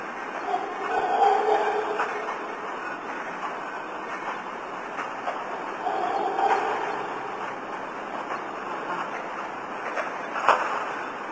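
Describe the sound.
Howler monkey howls, hoarse rough roars that swell twice, near the start and again around six seconds, over constant hissing background noise.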